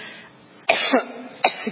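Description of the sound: A woman's coughing fit as they were asking her questions.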